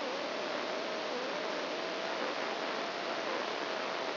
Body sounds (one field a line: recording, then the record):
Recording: brain microelectrode recording played as sound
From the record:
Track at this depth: inside the subthalamic nucleus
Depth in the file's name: 2.604 mm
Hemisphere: right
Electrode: 2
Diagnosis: Parkinson's disease